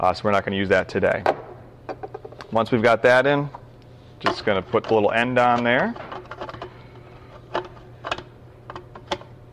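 Someone talks while fitting the small end cap onto the front of the auger housing of an Omega J8004 masticating juicer, and short plastic clicks and taps come from the handling. Nothing has seated or clicked into place yet.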